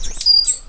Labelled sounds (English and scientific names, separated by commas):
Stitchbird (Notiomystis cincta) song